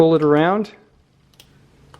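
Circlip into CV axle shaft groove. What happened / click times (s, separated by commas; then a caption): The metal clip is being worked around its groove but has not snapped in yet / none. Someone talks briefly while a metal retaining clip (circlip) on a CV axle shaft is hooked into its slot at one end and pulled around the shaft's groove. After the voice fades, a few faint, sharp ticks come at about 1.3, 1.4 and 1.9 seconds over a low, steady hum. The clip has not snapped into place or seated yet.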